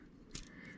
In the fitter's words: putting her up so these just snap right into the back here